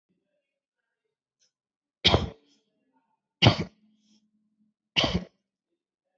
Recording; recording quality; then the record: heavy voluntary cough; excellent, no background noise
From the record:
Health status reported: healthy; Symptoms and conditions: none ticked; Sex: male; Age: 29 years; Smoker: not ticked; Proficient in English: yes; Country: India